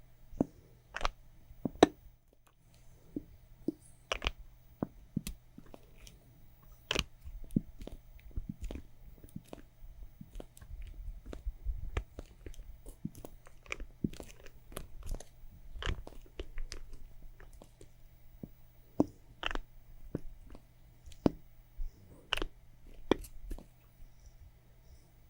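Makeup items are tapped and scratched in an irregular stream of sharp clicks and taps, some louder, spread throughout with brief clusters. Softer rustling scratches fill the gaps, over a constant low hum.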